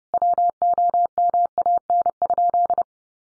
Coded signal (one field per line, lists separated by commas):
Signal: Morse code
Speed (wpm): 30 wpm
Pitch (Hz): 700 Hz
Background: none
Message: WOMAN?